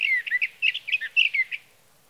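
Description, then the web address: Sage thrasher song, a rapid run of warbled, varied notes with quick pitch jumps and short gaps, lasting about a second and a half before falling quiet. "birdsongforthecurious Sage Thrasher"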